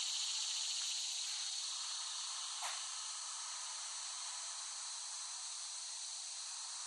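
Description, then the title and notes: Cicadas droning in a constant high buzz that eases slightly in loudness, broken once by a short sharp click. Cicadas recorded in West Brighton, Staten Island, late summer 2008. "The Cicadas of Summer. Recording of cicadas made by Dan Bodah in West Brighton, Staten Island, late summer 2008"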